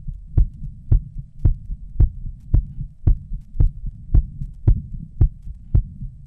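An adult heartbeat, heard after 20 minutes, beating steadily and fast at about 111 beats per minute, with low, thudding beats.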